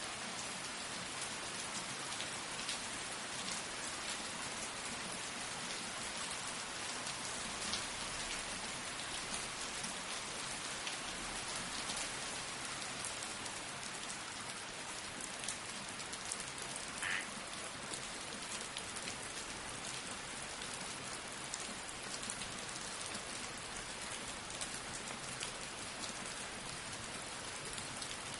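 Steady rain falls throughout, a dense, even hiss with countless drops pattering on a surface. The sound stays constant in level for the whole stretch, with a faint low hum underneath and a brief higher tone around seventeen seconds.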